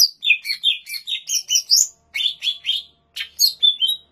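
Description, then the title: Greater green leafbird song: dense, chattering series of sharp whistled notes and trills in quick succession, pausing briefly twice. Recorded in Banyuwangi. "cucak_ijo_banyuwangi"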